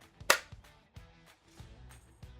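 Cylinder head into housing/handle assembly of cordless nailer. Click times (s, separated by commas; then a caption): 0.3 s. During reassembly of a Paslode Cordless Positive Placement Nailer, the cylinder head is rotated forward until it sits flush with the housing and handle assembly. A sharp, loud snap at 0.3 s shows it has seated, surrounded by several soft, low handling knocks.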